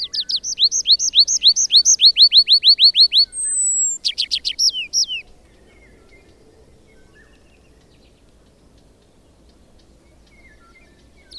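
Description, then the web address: Tree pipit song: a fast run of loud, repeated high notes, then a long thin drawn-out note and a few sharp chirps before quiet. "agykontroll Madardalok Cd 2. Erdei pityer"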